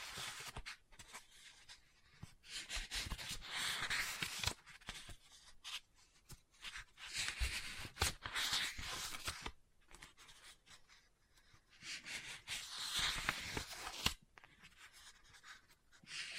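Scratching and page turning on a book, heard as dry, papery swishes that swell and fade in bursts, strongest around 2 to 4, 7 to 9 and 12 to 14 seconds. Short, sharp taps are scattered throughout, with brief quiet gaps between them.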